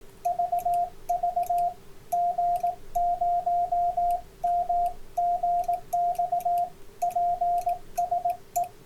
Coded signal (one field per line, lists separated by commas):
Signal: Morse code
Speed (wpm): 18 wpm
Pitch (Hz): 700 Hz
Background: radio noise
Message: VV G0MGX PSE